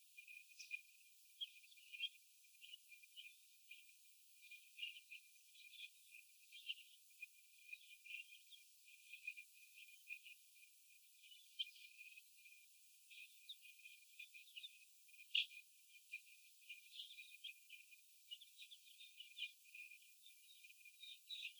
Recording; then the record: young laying hens in a cage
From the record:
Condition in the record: before the stressor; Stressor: sudden umbrella opening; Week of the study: 2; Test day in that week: 1